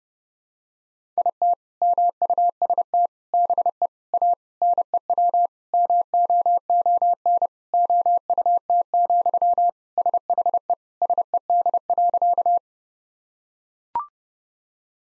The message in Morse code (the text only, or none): IT MUST BE A NEW MOON OUT, SHE SED.